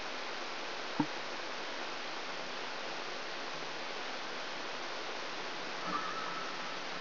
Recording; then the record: brain microelectrode recording played as sound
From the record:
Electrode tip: outside the subthalamic nucleus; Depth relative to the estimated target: -4 mm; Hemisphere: left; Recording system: AlphaMap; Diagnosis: Parkinson's disease